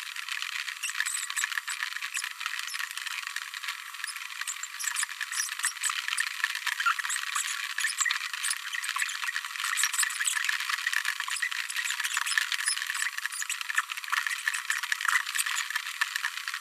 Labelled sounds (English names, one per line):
Green-rumped Parrotlet babbling